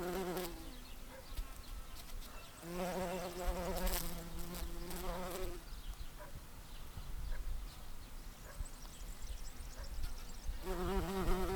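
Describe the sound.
Bumblebee droning in passes, a low humming buzz that comes and goes three times, the last at the end, over background noise.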